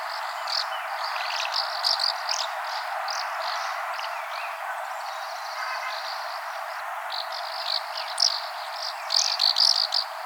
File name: Golosa ptic - Vostochnaya gorodskaya lastochka Delichon dasypus